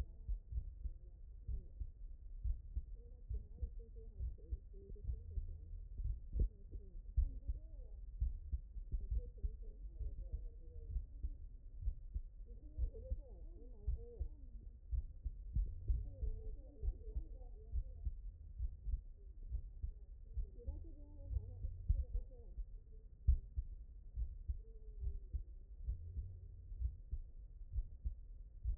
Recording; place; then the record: heart sounds by stethoscope; mitral valve (MV)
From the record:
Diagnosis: non-HFrEF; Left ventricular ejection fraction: 54%